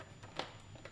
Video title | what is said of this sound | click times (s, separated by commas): Bitgohobby Show #2 What should we build?! | like that and pops into place and then two screws hold it in. | 0.4 s